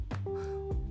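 A soft burst is followed by a steady, hum-like tone that holds for about half a second, then a brief rumble. This is an adult's stomach growl, or borborygmi: ordinary gut sounds from gas and fluid moving through the intestines. A quiet room hum sits underneath.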